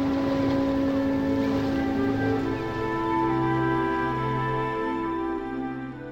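A ship at sea: a steady, droning engine hum with several sustained tones over a broad rush of water and wind, continuous and fairly loud throughout, with no voices.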